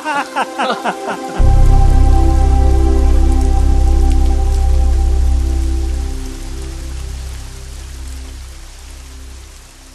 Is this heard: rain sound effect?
yes